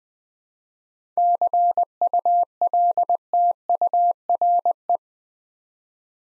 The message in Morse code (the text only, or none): CULTURE